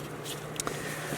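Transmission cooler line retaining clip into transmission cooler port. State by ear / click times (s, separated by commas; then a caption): seated / 0.6 s, 0.7 s. A metal retaining clip on a transmission cooler line fitting of a GMC Terrain 2.4 is pushed into the transmission cooler port. Over a steady low hum, two sharp clicks at 0.6 s and 0.7 s mark the clip snapping into place. The clip is seated in the port.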